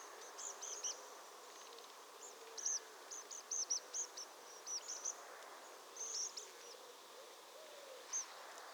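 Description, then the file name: Tree pipit heard as thin, very high, short notes given in scattered bursts over steady hissing background noise. "Prispolone"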